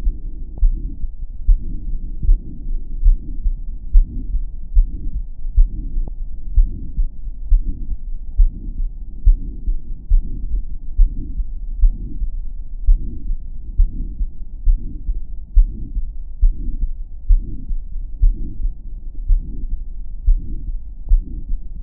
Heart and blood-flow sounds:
heart sounds
0.00	0.04	systole
0.04	0.16	S2
0.16	0.62	diastole
0.62	0.78	S1
0.78	1.04	systole
1.04	1.12	S2
1.12	1.48	diastole
1.48	1.60	S1
1.60	1.86	systole
1.86	1.94	S2
1.94	2.28	diastole
2.28	2.38	S1
2.38	2.64	systole
2.64	2.72	S2
2.72	3.04	diastole
3.04	3.18	S1
3.18	3.46	systole
3.46	3.56	S2
3.56	3.94	diastole
3.94	4.06	S1
4.06	4.32	systole
4.32	4.42	S2
4.42	4.76	diastole
4.76	4.88	S1
4.88	5.14	systole
5.14	5.22	S2
5.22	5.56	diastole
5.56	5.70	S1
5.70	5.96	systole
5.96	6.08	S2
6.08	6.54	diastole
6.54	6.70	S1
6.70	7.00	systole
7.00	7.10	S2
7.10	7.50	diastole
7.50	7.64	S1
7.64	7.90	systole
7.90	7.98	S2
7.98	8.38	diastole
8.38	8.50	S1
8.50	8.80	systole
8.80	8.90	S2
8.90	9.26	diastole
9.26	9.38	S1
9.38	9.66	systole
9.66	9.76	S2
9.76	10.10	diastole
10.10	10.24	S1
10.24	10.50	systole
10.50	10.62	S2
10.62	10.98	diastole
10.98	11.10	S1
11.10	11.38	systole
11.38	11.46	S2
11.46	11.82	diastole
11.82	11.96	S1
11.96	12.28	systole
12.28	12.40	S2
12.40	12.86	diastole
12.86	13.00	S1
13.00	13.28	systole
13.28	13.38	S2
13.38	13.78	diastole
13.78	13.90	S1
13.90	14.18	systole
14.18	14.28	S2
14.28	14.66	diastole
14.66	14.78	S1
14.78	15.08	systole
15.08	15.18	S2
15.18	15.56	diastole
15.56	15.68	S1
15.68	15.94	systole
15.94	16.04	S2
16.04	16.42	diastole
16.42	16.54	S1
16.54	16.80	systole
16.80	16.90	S2
16.90	17.28	diastole
17.28	17.42	S1
17.42	17.70	systole
17.70	17.80	S2
17.80	18.22	diastole
18.22	18.36	S1
18.36	18.66	systole
18.66	18.78	S2
18.78	19.26	diastole
19.26	19.42	S1
19.42	19.72	systole
19.72	19.82	S2
19.82	20.26	diastole
20.26	20.40	S1
20.40	20.66	systole
20.66	20.76	S2
20.76	21.10	diastole
21.10	21.22	S1
21.22	21.50	systole
21.50	21.58	S2
21.58	21.83	diastole
From the record:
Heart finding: aortic stenosis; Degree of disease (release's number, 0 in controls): 3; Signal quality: good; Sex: female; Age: 72 years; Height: 1.58 m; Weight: 78 kg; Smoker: yes

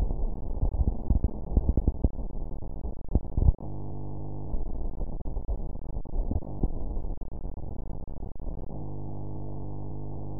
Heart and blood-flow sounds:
heart sounds
not marked
From the record:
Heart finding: coronary artery disease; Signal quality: poor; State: rest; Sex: female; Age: 46 years

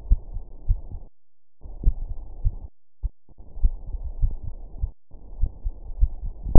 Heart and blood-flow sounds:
heart sounds
0.00	0.08	diastole
0.08	0.20	S1
0.20	0.32	systole
0.32	0.42	S2
0.42	0.68	diastole
0.68	0.80	S1
0.80	0.92	systole
0.92	1.02	S2
1.02	1.28	diastole
1.28	1.36	S1
1.36	1.48	systole
1.48	1.56	S2
1.56	1.82	diastole
1.82	1.96	S1
1.96	2.08	systole
2.08	2.18	S2
2.18	2.42	diastole
2.42	2.54	S1
2.54	2.64	systole
2.64	2.74	S2
2.74	3.00	diastole
3.00	3.10	S1
3.10	3.24	systole
3.24	3.34	S2
3.34	3.62	diastole
3.62	3.76	S1
3.76	3.88	systole
3.88	3.98	S2
3.98	4.20	diastole
4.20	4.34	S1
4.34	4.44	systole
4.44	4.54	S2
4.54	4.78	diastole
4.78	4.90	S1
4.90	5.04	systole
5.04	5.12	S2
5.12	5.38	diastole
5.38	5.50	S1
5.50	5.64	systole
5.64	5.74	S2
5.74	5.98	diastole
5.98	6.10	S1
6.10	6.22	systole
6.22	6.30	S2
6.30	6.48	diastole
6.48	6.58	S1
From the record:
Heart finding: coronary artery disease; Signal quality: good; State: rest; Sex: female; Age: 67 years

